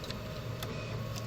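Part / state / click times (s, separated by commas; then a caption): mechanical key switch into keyboard plate and PCB / not seated / none. A mechanical key switch, its pins now straightened, is handled over a keyboard plate and PCB while a steady low hum runs underneath. Three brief, faint ticks are heard at about 0.1, 0.6 and 1.2 seconds. Nothing has seated or clicked into place yet.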